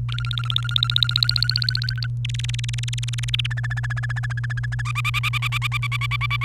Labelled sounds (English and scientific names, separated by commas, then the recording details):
Domestic Canary (Serinus canaria) song
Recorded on 29 April 2018 at 06:17
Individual llb3